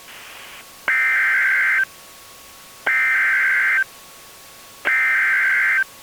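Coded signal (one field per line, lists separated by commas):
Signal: Emergency Alert System (SAME) tones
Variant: header bursts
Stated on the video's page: Simulated, not a real EAS broadcast; fictional scenario that may contain valid EAS tones.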